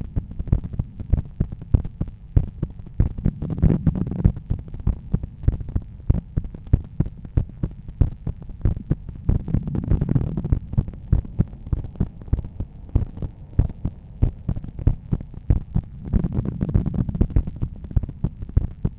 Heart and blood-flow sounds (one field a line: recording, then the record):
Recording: heart sounds by stethoscope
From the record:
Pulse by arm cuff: 94 bpm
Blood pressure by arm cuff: 122/78 mmHg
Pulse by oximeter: 96 bpm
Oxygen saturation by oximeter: 94%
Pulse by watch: 86 bpm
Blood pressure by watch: 126/80 mmHg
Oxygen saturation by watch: 97%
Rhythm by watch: sinus rhythm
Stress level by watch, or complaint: medium stress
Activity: after lunch and office activities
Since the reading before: plus 5000 steps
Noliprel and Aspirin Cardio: after pills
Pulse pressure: 44 mmHg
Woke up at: 7:30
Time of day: 17:22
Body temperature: 36 C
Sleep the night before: 8 h 32 min, score 78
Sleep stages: REM 32%, light 50%, deep 12%, awake 6%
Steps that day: 9500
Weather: sunny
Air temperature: 26.4 C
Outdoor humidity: 49%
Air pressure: 1014 hPa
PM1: 8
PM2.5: 12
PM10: 14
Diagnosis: hypertension, treated with Noliprel and Aspirin Cardio 100 mg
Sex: male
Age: 53 years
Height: 174 cm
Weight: 81 kg